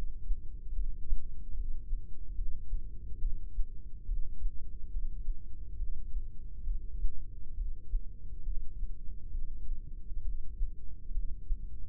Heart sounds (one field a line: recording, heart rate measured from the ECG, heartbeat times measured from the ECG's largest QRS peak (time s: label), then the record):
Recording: heart sounds by microphone in the right ear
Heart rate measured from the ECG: 69 bpm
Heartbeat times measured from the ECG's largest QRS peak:
0.74 s: heartbeat
1.55 s: heartbeat
2.37 s: heartbeat
3.21 s: heartbeat
4.07 s: heartbeat
4.92 s: heartbeat
5.78 s: heartbeat
6.65 s: heartbeat
7.56 s: heartbeat
8.45 s: heartbeat
9.33 s: heartbeat
10.23 s: heartbeat
11.13 s: heartbeat
From the record:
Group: heart failure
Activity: rest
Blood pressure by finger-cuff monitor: 128/94 mmHg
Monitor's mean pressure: 107 mmHg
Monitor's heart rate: 72 bpm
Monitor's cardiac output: 6.3 L/min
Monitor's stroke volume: 86 mL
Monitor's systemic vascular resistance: 1260 dyn s/cm5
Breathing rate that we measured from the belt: 18 breaths a minute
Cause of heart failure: idiopathic cardiomyopathy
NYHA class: 1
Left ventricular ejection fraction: 50%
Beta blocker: bisoprolol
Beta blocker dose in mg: 5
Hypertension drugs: candesartan, spironolactone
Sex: male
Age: 54 years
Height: 180 cm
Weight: 94.6 kg